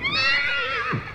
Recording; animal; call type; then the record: contact call of a hoofed animal; horse; whinny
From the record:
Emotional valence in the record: negative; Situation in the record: group separation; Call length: 1.15 s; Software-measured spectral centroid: 2520 Hz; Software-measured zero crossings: 3990 a second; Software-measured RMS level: -24 dBFS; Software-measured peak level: -10 dBFS